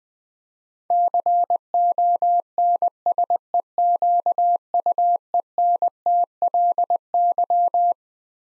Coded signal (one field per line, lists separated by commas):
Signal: Morse code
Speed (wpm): 21 wpm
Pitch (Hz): 700 Hz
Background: none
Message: CONSEQUENTLY